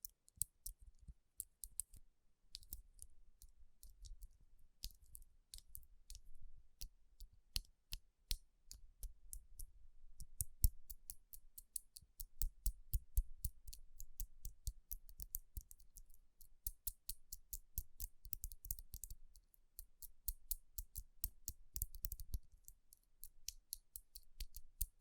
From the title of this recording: Tapping & Rubbing Rhinestone Covered Palms